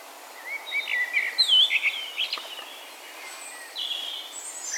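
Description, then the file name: Common blackbird singing a short warbled whistle phrase that breaks into thin, squeaky high twitters, over a faint hiss of background noise. "Turdus merula"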